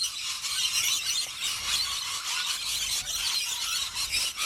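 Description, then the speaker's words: Rainbow lorikeets screeching continuously, a dense chorus of shrill, rasping squeals from many birds overlapping throughout. Rainbow lorikeets, which devour fruit crops on farms. "going to tell you that is the sound of rainbow lorikeets."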